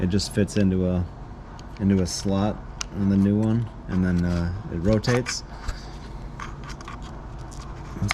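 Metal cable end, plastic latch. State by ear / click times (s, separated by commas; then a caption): seated / 8.1 s. A door release cable end is fitted into the slot on a new rear door latch for a 2009 Audi A4 and rotated until it seats. Someone talks through the first five seconds, then faint small scrapes follow around 6.6–6.9 seconds. A sharp click at 8.1 seconds marks the cable end seating in the slot.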